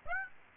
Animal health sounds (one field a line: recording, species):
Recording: mosquito wingbeat signal from an infrared sensor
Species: Aedes aegypti